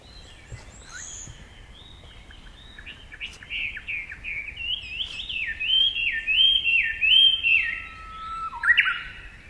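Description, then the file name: Japanese bush warbler singing a series of repeated slurred whistles, growing louder, then a long level whistle that breaks into a high, abrupt ending. Recorded on 10 April 2016. "uguisu 2016 4 10"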